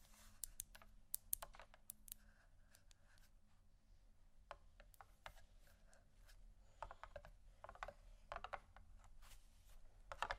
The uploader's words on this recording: ASMR Gentle Tapping Assortment (No Talking).